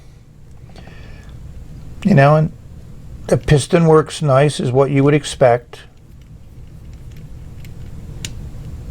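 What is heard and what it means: Someone talks while working the piston knob on the barrel of a PenBBS 494 piston fountain pen made of clear, injection-molded plastic, with a faint low rumble underneath. Two brief, sharp ticks follow near the end at about 7.7 s and 8.3 s. The knob is still being handled, and nothing has seated or clicked into place yet.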